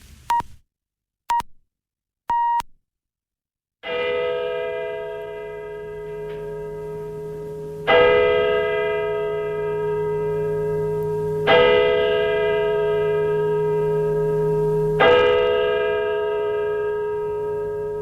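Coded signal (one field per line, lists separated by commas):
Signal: radio time signal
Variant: Polish Radio pips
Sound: two short beeps and one longer beep near 1 kHz, then sustained brassy music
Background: music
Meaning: The start of the last, lengthened pip marks the full hour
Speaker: my za chwilę nadamy sygnał czasu z laboratorium czasu i częstotliwości głównego Urzędu Miar w Warszawie początek ostatniego wydłużonego sygnału będzie oznaczał godzinę 12:00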